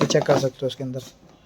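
A front plastic bumper is handled against the body of a battery-operated remote-control ride-on Thar jeep, whose matching grooves form a snap lock. Someone talks throughout, and a brief sound at about 1.5 s ends the clip. Nothing has seated or clicked yet.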